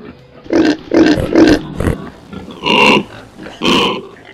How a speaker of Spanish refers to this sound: Y conforme se acerca, ve como un cerdo está revolcándose en medio de lodo y basura, comiéndose los muebles y dejando sus pestilentes heces por doquier, mientras va destruyendo todo a su paso en medio de orines y sonidos guturales propios de un cerdo.